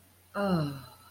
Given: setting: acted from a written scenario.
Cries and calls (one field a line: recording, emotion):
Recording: vocal sound without words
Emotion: desire